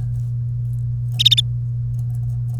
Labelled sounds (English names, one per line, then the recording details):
Domestic Canary song
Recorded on 1 May 2018 at 13:13
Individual llb3